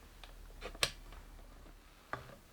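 A body wing attachment is slid into the folding body of a Mogabi V1 folding guitar with a built-in Bluetooth speaker, where it is held by a spring-loaded ball bearing. After a faint tick at 0.2 s, a sharp click at 0.8 s marks the wing seating in place, followed by a softer rustle at 1.1 s and another sharp click at 2.1 s. The wing attachment is seated.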